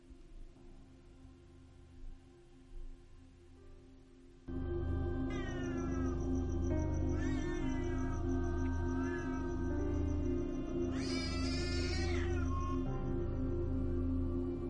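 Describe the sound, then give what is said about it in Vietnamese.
A black cat, as if preparing to fight, lets out loud, drawn-out yowls and caterwauls, the pitch wavering and rising into a shrill wail near the end, over a steady low hum. The opening few seconds hold only quiet background. “Thì thấy con hắc miêu kêu lên dữ dội. Tựa như là con mèo đang chuẩn bị đánh nhau vậy.”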